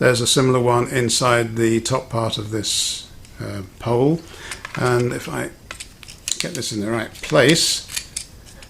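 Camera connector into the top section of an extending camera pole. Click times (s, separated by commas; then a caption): 8.2 s. Someone talks while lining up the small connector on the front of a camera with the matching connector inside the top section of an extending camera pole, with faint handling clicks as the parts are fitted together. One sharp snap at 8.2 s marks the camera connector seating into the pole.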